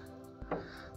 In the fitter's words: ये वापस लॉक हो गया पोजीशन में, आप आराम से राइड कर सकते हैं।